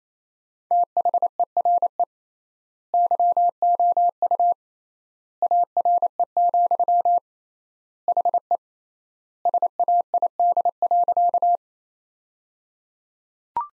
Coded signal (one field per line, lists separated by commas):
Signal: Morse code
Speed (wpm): 28 wpm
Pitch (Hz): 700 Hz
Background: none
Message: THERE YOU ARE, HE SAID.